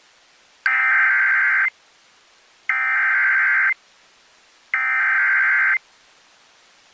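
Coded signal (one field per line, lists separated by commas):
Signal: Emergency Alert System (SAME) tones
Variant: header bursts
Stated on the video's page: Tornado Warning relayed on WXXL.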